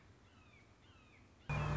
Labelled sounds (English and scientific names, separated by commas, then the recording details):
Red-shouldered Hawk (Buteo lineatus)
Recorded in Sonoma County, California